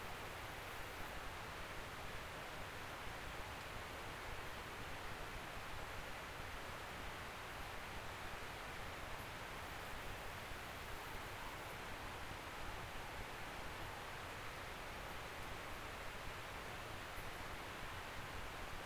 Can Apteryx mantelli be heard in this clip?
no